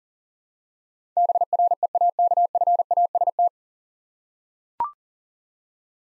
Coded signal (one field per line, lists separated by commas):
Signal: Morse code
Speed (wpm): 40 wpm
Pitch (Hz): 700 Hz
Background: none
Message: BREAKFAST